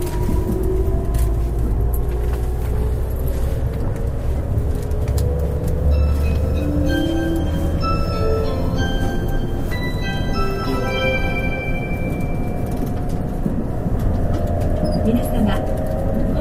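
A Nankai 50000 series train runs along with a steady, dense low rumble that holds at an even level throughout. Tonal whines from the motors rise and shift in pitch, stacking up most clearly between about six and thirteen seconds before easing back.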